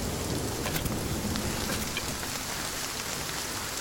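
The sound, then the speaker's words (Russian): Heavy rain pours down steadily on an overcast day, a dense, unbroken hiss with scattered brighter drop patters on top, holding an even loudness throughout with no voices. “Пасмурный день. Льет дождь.”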